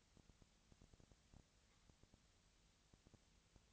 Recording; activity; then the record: daily activity, microphone in the room; no activity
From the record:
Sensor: 3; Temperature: 20.4 degrees Celsius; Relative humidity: 34.4%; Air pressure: 997.0 hPa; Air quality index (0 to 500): 205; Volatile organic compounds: 68 ppm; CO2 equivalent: 3498 ppm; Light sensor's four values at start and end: 2/3/2/2 and 2/3/2/2